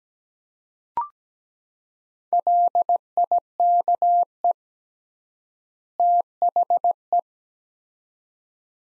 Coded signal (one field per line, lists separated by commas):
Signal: Morse code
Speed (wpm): 17 wpm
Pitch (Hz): 700 Hz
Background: none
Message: LIKE THE